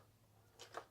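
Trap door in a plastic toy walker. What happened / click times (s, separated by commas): The plastic trap door released and popped open / 0.6 s, 0.8 s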